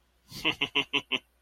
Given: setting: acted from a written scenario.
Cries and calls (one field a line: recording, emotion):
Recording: vocal sound without words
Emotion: amusement